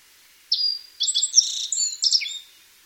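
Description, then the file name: Black-faced bunting singing one phrase: a clear high whistled note, then rapid twittering, buzzy notes ending on a lower chirp; no other sounds. "aoji"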